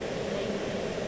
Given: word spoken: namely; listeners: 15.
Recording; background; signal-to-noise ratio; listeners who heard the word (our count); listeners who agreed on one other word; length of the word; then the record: one English word in noise, from a listening test; speech-shaped noise; -6.9 dB; 3 of 15; 6 of 15; 0.68 s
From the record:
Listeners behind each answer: 6, 3, 2, 1, 1, 1, 1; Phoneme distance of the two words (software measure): 14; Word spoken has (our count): 2 syllables, 5 phonemes, stress on syllable 1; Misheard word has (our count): 1 syllable, 3 phonemes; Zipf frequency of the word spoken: 3.29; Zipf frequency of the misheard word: 5.61